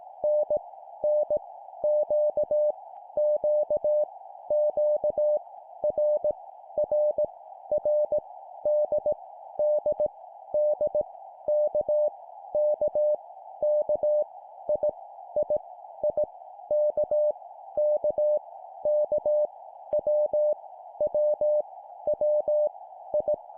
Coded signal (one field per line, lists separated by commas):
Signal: Morse code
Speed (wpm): 18 wpm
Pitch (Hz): 600 Hz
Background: none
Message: N N Q Q Q R R R D D D K K K I I I K K K W W W I